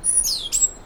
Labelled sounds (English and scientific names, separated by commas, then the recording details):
Stitchbird (Notiomystis cincta) song
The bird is a male
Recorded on Tiritiri Matangi Island, New Zealand, in 2005
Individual 1, of nest box 1